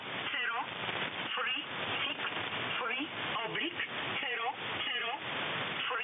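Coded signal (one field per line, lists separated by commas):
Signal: numbers station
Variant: E11 Oblique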